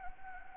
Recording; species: mosquito wingbeat signal from an infrared sensor; Anopheles gambiae